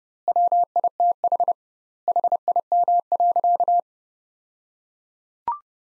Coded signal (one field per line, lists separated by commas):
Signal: Morse code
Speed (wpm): 30 wpm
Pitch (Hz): 700 Hz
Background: none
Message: WITH HIM.